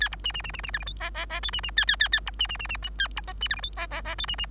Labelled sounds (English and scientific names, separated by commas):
Bengalese Finch (Lonchura striata domestica) song